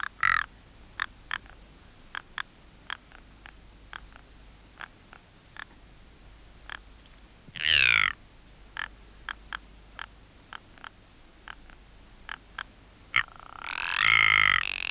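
Ptarmigan gives a rasping croak midway and a longer harsh croak at the end, with many brief dry ticking clicks scattered through the rest.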